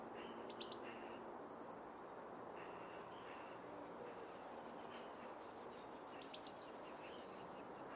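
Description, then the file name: Eurasian blue tit singing two phrases, each a few sharp high notes sliding down into a rapid, tinkling trill, with a soft background hiss between them. "Cyanistes caeruleus"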